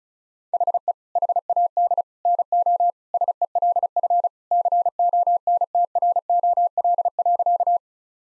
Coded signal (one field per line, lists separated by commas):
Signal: Morse code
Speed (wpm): 36 wpm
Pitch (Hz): 700 Hz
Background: none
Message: HE HAD NO SELF CONTROL.